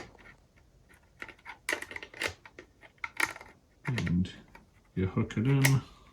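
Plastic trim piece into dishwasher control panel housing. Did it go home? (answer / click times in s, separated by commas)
no / none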